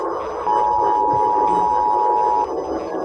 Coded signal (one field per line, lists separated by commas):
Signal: Emergency Alert System (SAME) tones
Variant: 853 and 960 Hz attention tone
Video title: Oswald: EAS Scenario Part 3